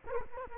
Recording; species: mosquito wingbeat signal from an infrared sensor; Culex quinquefasciatus